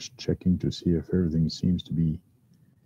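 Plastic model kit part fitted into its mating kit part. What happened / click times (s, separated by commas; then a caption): Handled, not yet home: the plastic kit part has not snapped into place / none. A plastic part from a Tamiya Dancing Rider model kit is handled while being fitted onto its mating kit part, as someone talks throughout. The part has not seated or clicked into place yet.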